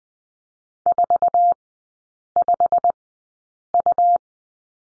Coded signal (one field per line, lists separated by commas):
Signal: Morse code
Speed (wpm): 20 wpm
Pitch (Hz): 700 Hz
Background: none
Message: 45U